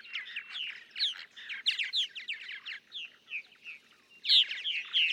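Purple martin gurgling song of rapid throaty chirps and warbles, thinning out briefly before a loud squeaky burst near the end.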